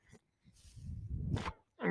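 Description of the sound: A low, rushing whoosh builds for about a second, then ends with a brief airy hiss, like a single machine-delivered breath and its release. This is a mechanical ventilator cycling in the background.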